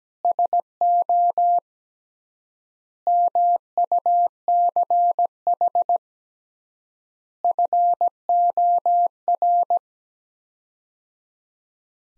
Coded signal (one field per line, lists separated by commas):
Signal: Morse code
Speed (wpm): 17 wpm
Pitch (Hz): 700 Hz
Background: none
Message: SO MUCH FOR